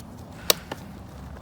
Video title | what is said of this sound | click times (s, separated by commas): 2017 Honda Rebel - Battery Removal and Installation | So first one's in, push it so it's flush and you'll hear a click. | 0.5 s